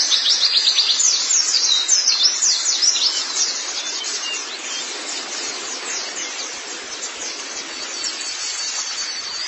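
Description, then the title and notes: White-eye twittering: high, rapid sweeping notes, strongest over the first three seconds, then fading to a quieter ongoing chatter. Chirping song. "Kicauan Burung Pleci Durasi Panjang. Suara kicauan burung pleci"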